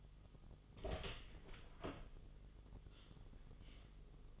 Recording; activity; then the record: daily activity, microphone in the room; open door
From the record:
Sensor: 4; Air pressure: 1005.8 hPa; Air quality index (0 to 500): 74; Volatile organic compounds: 1 ppm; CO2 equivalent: 901 ppm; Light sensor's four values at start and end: 13/31/12/11 and 13/29/11/11